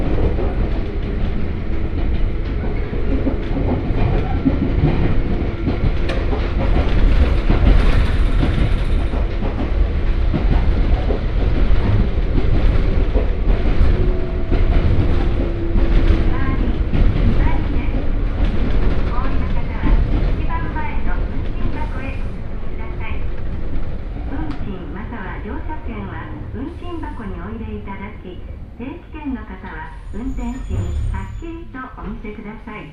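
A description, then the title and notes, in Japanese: Inside a rumbling local train, a steady low drone of wheels and motor carries muffled voices, easing slightly quieter toward the end. 予想よりも遥かにローカル感の強かった野町駅を出て、終点の剣まで乗車します。額住宅前あたりまでは通勤通学客が乗っていますが、徐々に降りて終点の鶴来までくると数名に。鉄道旅 北陸鉄道石川線 野町→鶴来。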